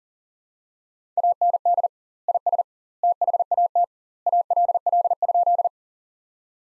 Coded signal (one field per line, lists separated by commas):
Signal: Morse code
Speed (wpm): 40 wpm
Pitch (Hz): 700 Hz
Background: none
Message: AND IS THAT ALL?